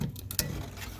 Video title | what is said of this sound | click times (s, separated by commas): How to replace headlight bulbs on Honda Odyssey 2005-2010 | Take the connector, just like the other one. Hear it click. | 0.3 s, 0.4 s